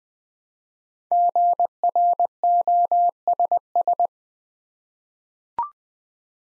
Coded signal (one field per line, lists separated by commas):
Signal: Morse code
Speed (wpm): 21 wpm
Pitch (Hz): 700 Hz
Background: none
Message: GROSS